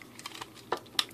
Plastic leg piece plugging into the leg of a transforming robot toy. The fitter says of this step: snaps right in there there you go so as you can see that snapped in there there